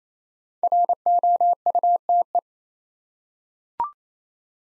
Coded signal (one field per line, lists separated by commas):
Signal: Morse code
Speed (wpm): 27 wpm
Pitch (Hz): 700 Hz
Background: none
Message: ROUTE